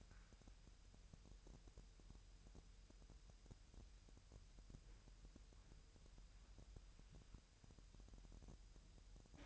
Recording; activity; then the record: daily activity, microphone in the room; wipe stove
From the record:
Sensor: 2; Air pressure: 1000.8 hPa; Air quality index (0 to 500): 249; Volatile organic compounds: 99 ppm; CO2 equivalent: 3751 ppm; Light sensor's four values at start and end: 10/23/9/9 and 10/23/9/9